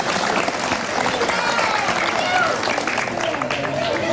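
Steady, dense audience applause fills the whole stretch, many hands clapping at once in a loud, even wash, with faint crowd murmur mixed underneath.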